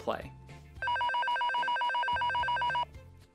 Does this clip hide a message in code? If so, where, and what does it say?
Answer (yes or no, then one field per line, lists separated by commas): no